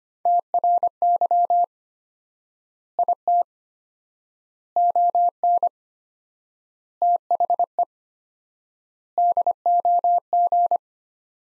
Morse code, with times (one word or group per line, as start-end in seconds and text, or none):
0.3-1.6 TRY
3.0-3.4 IT
4.8-5.7 ON
7.0-7.8 THE
9.2-10.8 DOG